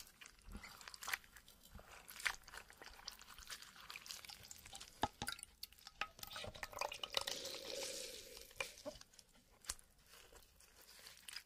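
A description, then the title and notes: Water pours into a glass amid frequent sharp clicks and clinks, with a steadier bright pouring stretch from about six to eight seconds. WATER Pouring Liquid Glass Sounds.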